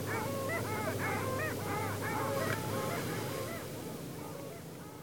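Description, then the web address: Long-tailed duck chorus of nasal, wavering calls from several birds at once, fading slightly toward the end over a constant low droning background. Recorded 8 March 2016 at Wakkanai. "koe korigamo 160308 wakkanai hanada"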